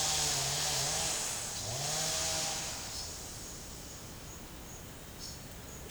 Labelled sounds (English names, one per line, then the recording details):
none
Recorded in secondary vegetation near Puerto Asís, Putumayo, Colombia, on 20 December 2024 at 11:00
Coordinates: 0.489, -76.322
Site G059